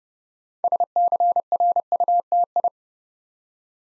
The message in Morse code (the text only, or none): SCRUTI